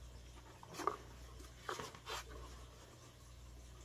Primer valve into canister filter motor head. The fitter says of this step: until it snaps so in this case it's now in